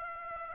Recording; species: mosquito wingbeat signal from an infrared sensor; Aedes aegypti